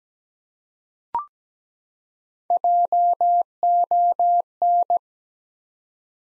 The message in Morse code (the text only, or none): JON